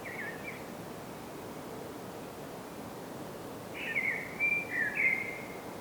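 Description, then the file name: Common blackbird song: a brief whistled fragment at the start, then after a pause a longer warbled phrase of several fluty notes. "Turdus merula"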